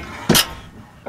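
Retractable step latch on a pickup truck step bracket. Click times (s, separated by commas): 0.3 s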